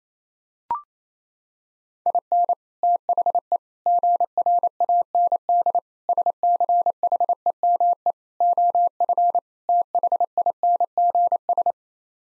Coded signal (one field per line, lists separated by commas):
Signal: Morse code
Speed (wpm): 27 wpm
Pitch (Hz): 700 Hz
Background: none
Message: IN THE GRAND SCHEME OF THINGS